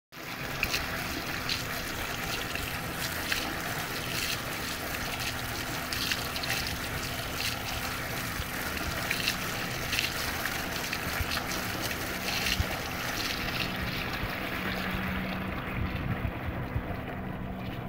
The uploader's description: the water flow out of this rustic water spout